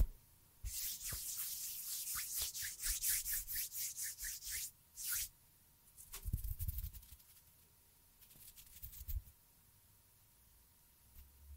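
Fingers flutter in a rapid run of soft, bright brushing bursts from about one to five seconds, each flick quick and airy. After a pause, lower rubbing hand sounds come in two patches around six and nine seconds, with a faint steady tone underneath.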